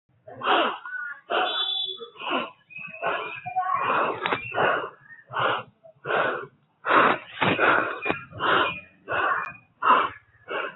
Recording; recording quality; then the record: deep breathing; poor, much background noise or distortion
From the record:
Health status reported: healthy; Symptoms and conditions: none ticked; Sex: male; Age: 25 years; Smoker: not ticked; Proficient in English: yes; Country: India